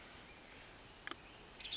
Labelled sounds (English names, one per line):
Western Tanager